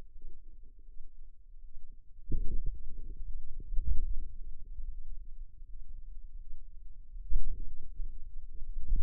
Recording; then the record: forearm muscle sounds (acoustic myography)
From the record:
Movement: hand closing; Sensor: system 2, bracelet of six BSWA MPA416 microphones around the upper forearm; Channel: 5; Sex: female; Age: 23 years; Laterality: right